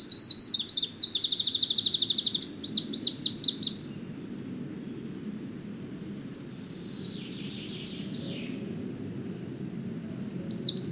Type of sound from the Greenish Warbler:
song